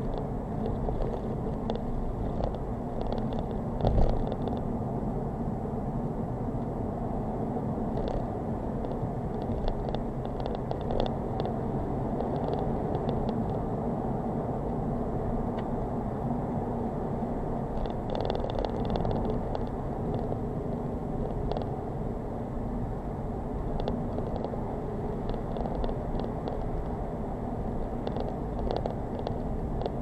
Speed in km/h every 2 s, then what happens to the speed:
72, 76, 77, 79, 84, 87, 89, 87, 87, 90, 93, 93, 95, 95, 95.
0-11 speeds up to 89. 11-30 steady at about 93.